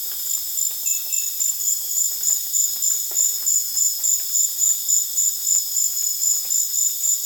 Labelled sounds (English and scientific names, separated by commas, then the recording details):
none
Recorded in dense forest near Puerto Asís, Putumayo, Colombia, on 24 June 2025 at 20:00
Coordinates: 0.484, -76.325
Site H65